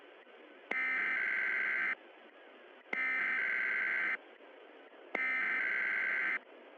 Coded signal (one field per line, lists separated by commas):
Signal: Emergency Alert System (SAME) tones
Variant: header bursts